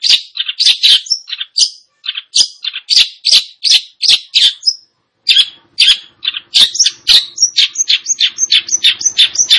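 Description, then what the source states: Long-tailed shrike song: rapid harsh chatters and squeaky notes, a short silence, then a quicker run of high repeated chirps over a faint hum. Indonesian name cendet; described as gacor, actively and vigorously singing.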